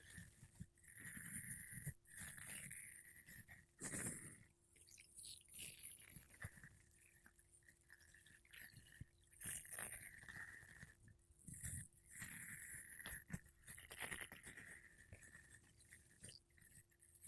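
Makeup brushes and a sponge rub and sweep across a microphone in uneven bursts of soft, scratchy brushing with bright hissy edges. Thumps and rustles come every second or so, with brief pauses, over a faint steady low hum throughout.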